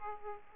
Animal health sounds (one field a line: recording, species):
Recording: mosquito wingbeat signal from an infrared sensor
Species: Aedes aegypti